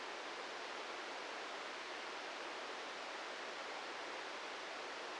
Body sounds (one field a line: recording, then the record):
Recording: brain microelectrode recording played as sound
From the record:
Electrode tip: outside the subthalamic nucleus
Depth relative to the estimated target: 1 mm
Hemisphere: left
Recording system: NeuroSet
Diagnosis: Parkinson's disease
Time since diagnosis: 13 years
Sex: male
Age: 66 years